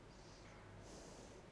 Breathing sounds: one breath in and out by a microphone near the nose and mouth; normal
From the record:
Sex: female

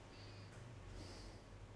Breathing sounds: one breath in and out by a microphone near the nose and mouth; normal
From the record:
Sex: male

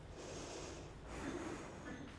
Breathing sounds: one breath in and out by a microphone near the nose and mouth; normal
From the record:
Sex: female

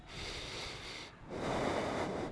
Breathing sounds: one breath in and out by a microphone near the nose and mouth; deep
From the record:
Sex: male

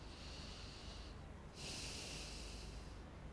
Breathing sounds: one breath in and out by a microphone near the nose and mouth; deep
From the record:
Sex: male

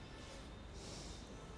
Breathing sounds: one breath in and out by a microphone near the nose and mouth; normal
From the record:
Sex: male

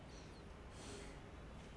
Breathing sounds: one breath in and out by a microphone near the nose and mouth; normal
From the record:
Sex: male

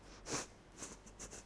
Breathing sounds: one breath in and out by a microphone near the nose and mouth; strong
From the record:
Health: marked as sick, illness not named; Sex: female

